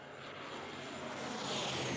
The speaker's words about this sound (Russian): Свист пролетающего самолета.